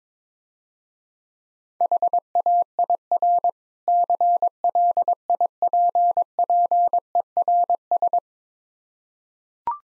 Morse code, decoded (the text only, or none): HAIR CLIPPERS